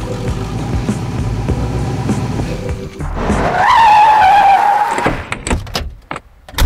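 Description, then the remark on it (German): A Cadillac car engine rumbles steadily, then the tires let out a loud, high wavering squeal as the car pulls off, and the sound fades into a few faint knocks. “Hier ist mein Wagen. Ein Cadillac.”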